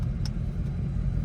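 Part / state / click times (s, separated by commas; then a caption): adjustable lowering link or adjuster on the car / seated / 0.3 s. An adjustable lowering link on a 2021 Mustang GT is slid along its range while being fitted to the car; further up it does not click. A single sharp click at 0.3 s marks it engaging at its limit position, over a steady low rumble.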